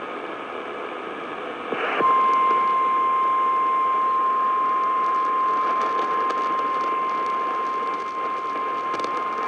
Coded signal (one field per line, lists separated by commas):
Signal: Emergency Alert System (SAME) tones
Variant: 853 and 960 Hz attention tone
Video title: 🚫ne Missing Station… (EAS Alerts from 1/9/23) (EAS #697-721)